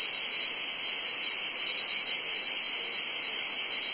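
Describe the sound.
Cicadas sing as one constant high buzz, steady and dense.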